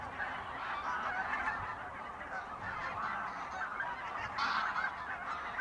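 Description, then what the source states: Goose: geese in a dense flock, continuous overlapping honking with a brief louder burst near the end. Geese at the re-naturalised Polder Glies, Sellstedt, Germany, 9 November 2020; binaural ORTF pair of t.bone SC 140 microphones with Rycote windjammer, TASCAM DR100 MK3.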